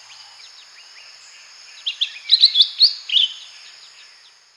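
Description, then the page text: Lesser green leafbird song: a brief burst of sharp, varied whistled and chattering notes in the middle, with faint high chirps before and after over a constant high hiss. "Lesser Green Leafbird Song. Quick Sounds"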